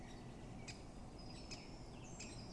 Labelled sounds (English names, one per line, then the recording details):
Great Spotted Woodpecker
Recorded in Germany
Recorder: ecoPi